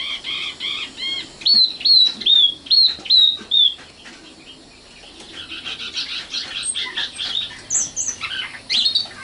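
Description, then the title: Oriental magpie-robin song with a set of evenly spaced clear whistled notes, then a busier passage of scratchy, chattering phrases. Kacer song. "Kicau Kacer"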